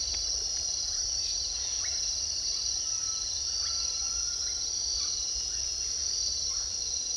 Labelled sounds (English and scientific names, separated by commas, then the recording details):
Russet-backed Oropendola (Psarocolius angustifrons), White-throated Tinamou (Tinamus guttatus)
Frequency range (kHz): White-throated Tinamou (Tinamus guttatus) 1.0-1.7 kHz
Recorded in secondary vegetation near Puerto Asís, Putumayo, Colombia, on 19 February 2024 at 06:00
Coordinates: 0.500, -76.326
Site G6428